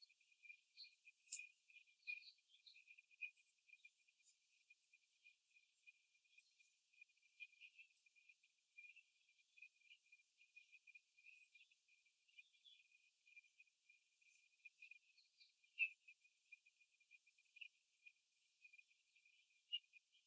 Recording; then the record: young laying hens in a cage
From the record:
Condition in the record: before the stressor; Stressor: simulated dog barking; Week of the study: 3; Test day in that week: 2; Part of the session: 2